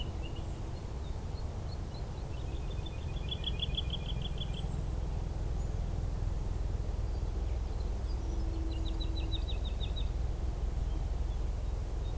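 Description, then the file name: Woodlark song in two bursts of fast, even trills of liquid repeated notes, against constant low background rumble. Recorded on 16 March 2023 along a lower path. "Alouettes-lulu 2023-03-16 sentier bas"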